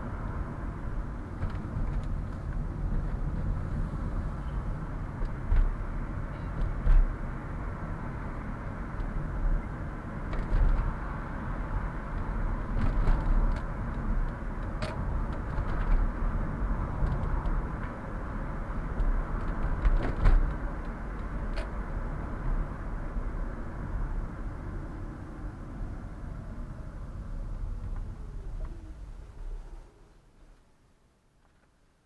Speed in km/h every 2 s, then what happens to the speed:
34, 25, 19, 31, 37, 39, 40, 41, 44, 43, 43, 39, 31, 22, 14, 0.
0-3 brakes to 19. 4-8 speeds up to 37. 8-21 steady at about 41. 21-32 brakes to 0.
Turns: 0-3.